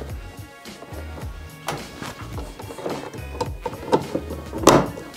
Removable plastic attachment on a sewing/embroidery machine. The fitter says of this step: and then push it on the front and it should snap right in just